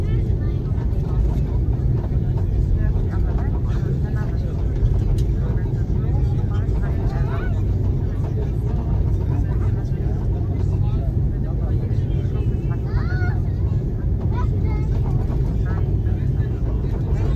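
Inside an Airbus A330 in flight, a steady, dense engine roar fills the low end without letup. Over it, scattered voices and brief chatter come and go throughout, with a few light clinks and small sounds poking through around the middle.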